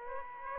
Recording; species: mosquito wingbeat signal from an infrared sensor; Aedes aegypti